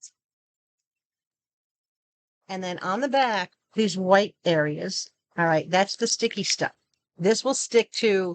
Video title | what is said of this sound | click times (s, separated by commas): TEMU TIMES 3 ! | okay they literally snap right into place | 0.0 s